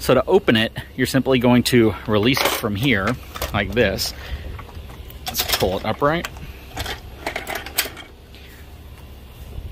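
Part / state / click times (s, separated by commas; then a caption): folding frame lock on a convertible hand truck dolly / seated / 7.8 s. Someone talks while releasing the folding frame of a dual-purpose convertible hand truck dolly, rated up to about 300 pounds, and pulling it upright. A few handling knocks and rattles follow, then a sharp metallic click at 7.8 s as the frame lock engages. The frame is locked upright.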